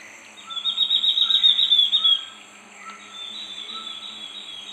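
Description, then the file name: Ferruginous-backed antbird singing a fast run of whistled notes, then a fainter second series. "Myrmeciza ferruginea"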